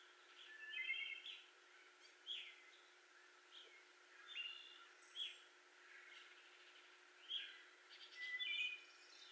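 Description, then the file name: Wood Thrush song: several flute-like whistled phrases with fluttery trilled endings, given at irregular intervals. Recorded 18 May 2021. "2021-05-18 Wood Thrush"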